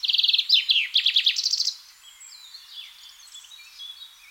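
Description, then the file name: Common chaffinch singing a quick run of repeated chirpy notes ending in a flourish, then soft background bird chatter. "Fringilla coelebs"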